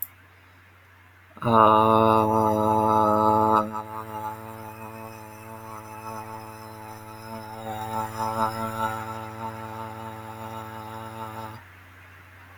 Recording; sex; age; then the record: vowel held as long as possible; male; 30 to 39 years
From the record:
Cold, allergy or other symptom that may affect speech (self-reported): no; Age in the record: 37 years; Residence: North Carolina, United States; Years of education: 16